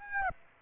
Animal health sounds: mosquito wingbeat signal from an infrared sensor; Aedes aegypti

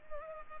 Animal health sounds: mosquito wingbeat signal from an infrared sensor; Culex pipiens

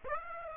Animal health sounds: mosquito wingbeat signal from an infrared sensor; Aedes aegypti

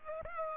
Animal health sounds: mosquito wingbeat signal from an infrared sensor; Culex pipiens

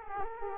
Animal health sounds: mosquito wingbeat signal from an infrared sensor; Culex quinquefasciatus

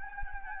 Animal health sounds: mosquito wingbeat signal from an infrared sensor; Anopheles gambiae

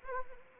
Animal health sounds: mosquito wingbeat signal from an infrared sensor; Anopheles arabiensis

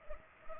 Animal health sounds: mosquito wingbeat signal from an infrared sensor; Culex pipiens

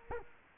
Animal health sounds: mosquito wingbeat signal from an infrared sensor; Culex quinquefasciatus

